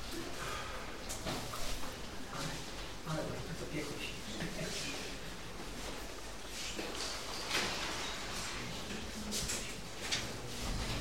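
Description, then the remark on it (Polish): A door clunks shut, followed by several small metallic clicks and rattles as a key turns in the lock, with faint murmuring voices underneath, as people gather for a church service. “Okej, okay, drzwi zamknięte, kluczyk przekręcony.”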